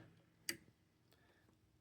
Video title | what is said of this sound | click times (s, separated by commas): Husqvarna Viking Platinum 735 Sewing Machine Quick Tutorial for Thomas | Pull it down into the tension plate. Listen for the snap. | 0.5 s